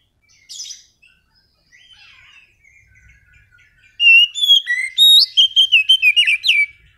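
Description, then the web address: Oriental magpie-robin: a few soft, scattered notes, then a loud, rapid run of varied whistles and rising chirps. Lure song to prompt a caged bird that has stopped singing back into song. "kacer pancingan macet bunyi. masteran kacer"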